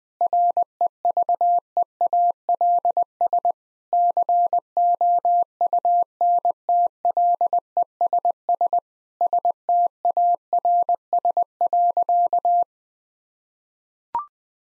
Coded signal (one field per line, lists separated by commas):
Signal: Morse code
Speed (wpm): 21 wpm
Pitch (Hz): 700 Hz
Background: none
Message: REVEALS COUNTLESS STARS.